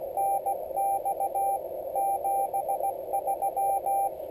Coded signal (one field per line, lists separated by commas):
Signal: Morse code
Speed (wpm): 17 wpm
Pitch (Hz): 790 Hz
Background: radio noise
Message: NX 73